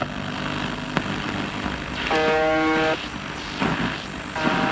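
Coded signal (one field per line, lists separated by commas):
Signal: channel marker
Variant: UVB-76 (The Buzzer)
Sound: static hiss, then a rough low buzz just under a second, pause, another buzz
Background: radio static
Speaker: ce nom vient de sa signature particulière utilisé pour garder la fréquence claire 1,25 secondes bourdonnement suivi par une pause de 1,85 secondes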